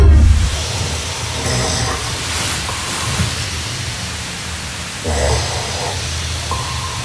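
Two deep, rumbling snore bursts from an adult man asleep in a hostel dorm, about five seconds apart over steady room hiss. Each is followed by a thin, steady, high ping-like tone, so the snore sounds like an echolocator or submarine sonar.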